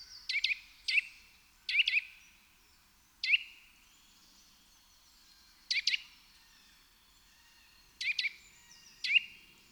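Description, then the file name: Eurasian nuthatch calls, short sharp high notes given singly or in quick pairs, spaced irregularly over several seconds against a quiet background. "Sitta europaea"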